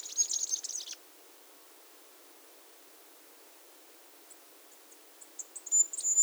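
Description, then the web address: Masked flowerpiercer song fragments: the tail of a high, rapid twitter at the start, a pause, then scattered high chips building into another twittering burst. Recorded at Iguaque, Villa de Leyva and its surroundings, Colombia. "sonidos de las aves iguaque villa de leyva y sus alrededores Diglosa De Antifaz, Diglossa cyanea"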